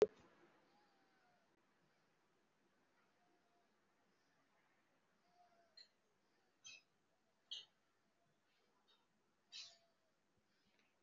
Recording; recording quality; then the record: deep breathing; moderate, slight background noise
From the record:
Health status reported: recovered from COVID-19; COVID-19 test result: positive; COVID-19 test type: RT-PCR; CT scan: taken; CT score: 0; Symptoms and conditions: breathing difficulty, asthma, another respiratory illness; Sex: female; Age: 65 years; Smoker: no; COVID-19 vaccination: none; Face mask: worn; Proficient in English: no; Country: India